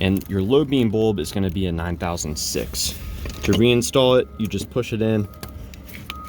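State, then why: Seated. Someone talks while a 9006 halogen low beam bulb is pushed into the headlight housing socket of a 2006 Chrysler 300 and rotated clockwise. A few small clicks follow near the end, with the sharpest at 6.1 s as the bulb twist-locks and seats in the housing.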